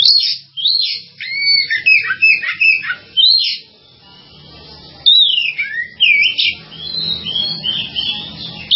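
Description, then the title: Java sparrow song: bursts of high, swooping whistled and chirping notes in two phrases split by a quiet gap near the middle, with a faint low hum beneath. "kicau gelatik"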